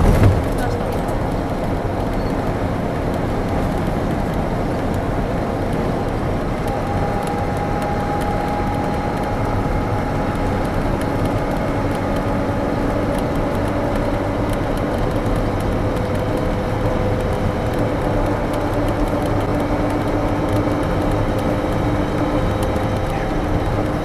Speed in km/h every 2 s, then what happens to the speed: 84, 83, 83, 84, 85, 85, 87, 89, 90, 91, 91, 92.
0-24 speeds up to 92.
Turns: none.